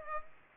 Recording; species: mosquito wingbeat signal from an infrared sensor; Aedes aegypti